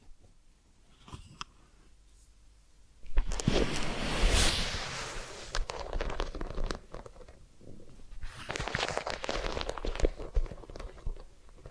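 Massage and ear cleaning sounds: after about three seconds of near silence with faint scattered ticks, dense rubbing and scratching starts and stays busy to the end. The rustling is bright and uneven, with sharper scrapes clustered around four seconds and again near nine.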